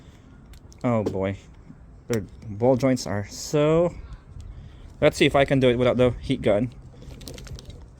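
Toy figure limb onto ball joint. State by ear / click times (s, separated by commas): not seated / none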